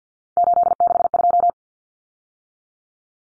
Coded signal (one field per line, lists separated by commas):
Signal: Morse code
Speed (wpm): 50 wpm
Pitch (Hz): 700 Hz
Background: none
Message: 862